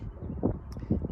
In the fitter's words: That is popped into place and locked, which could be enough,